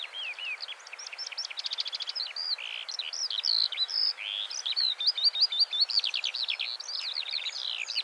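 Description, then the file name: Eurasian skylark singing a fast, unbroken torrent of high chirrups, rattling trills and slurred whistles. "Eurasian Skylark Alauda arvensis"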